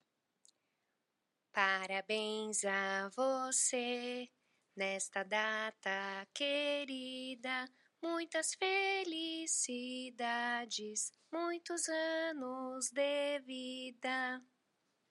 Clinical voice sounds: short text; Brazilian Portuguese; female; 30 to 39 years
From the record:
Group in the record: control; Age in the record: 32 years

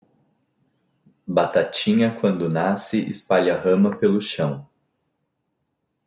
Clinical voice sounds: short text; Brazilian Portuguese; male; 20 to 29 years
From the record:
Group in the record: control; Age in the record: 20 years

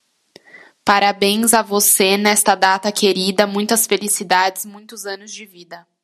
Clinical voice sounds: short text; Brazilian Portuguese; female; 20 to 29 years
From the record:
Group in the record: control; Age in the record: 25 years

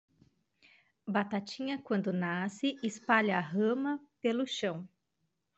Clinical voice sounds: short text; Brazilian Portuguese; female; 40 to 49 years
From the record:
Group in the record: control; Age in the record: 41 years

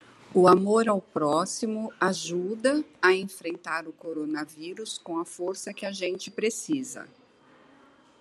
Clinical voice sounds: spoken sentence; Brazilian Portuguese; female; 60 to 69 years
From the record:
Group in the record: control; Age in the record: 60 years

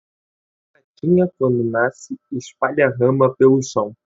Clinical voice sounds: short text; Brazilian Portuguese; male; 20 to 29 years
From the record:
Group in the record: control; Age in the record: 20 years

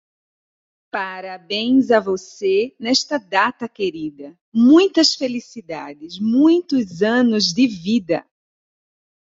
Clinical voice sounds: short text; Brazilian Portuguese; female; 40 to 49 years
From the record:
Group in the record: control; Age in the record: 45 years

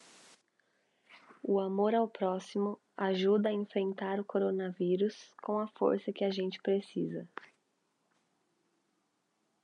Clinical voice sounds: spoken sentence; Brazilian Portuguese; female; 20 to 29 years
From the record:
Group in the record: control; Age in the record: 26 years

